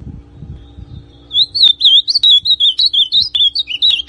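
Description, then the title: Ultramarine grosbeak singing a quick phrase of warbling whistled notes that wobble up and down, over a faint low rumble. Classic song style, original. "Azulão Canto Clássico Original"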